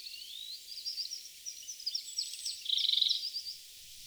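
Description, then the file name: European robin song: dense, unbroken high warbling of thin whistles and rapid trills, ending in a loud, fast buzzy rattle before trailing off. "Erithacus rubecula"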